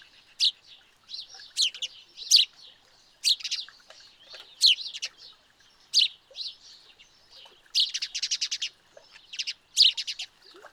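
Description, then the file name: House sparrow chirps: bright, repeated cheeping notes in uneven bursts, with a quick run of rapid chirps late. "Passer domesticus"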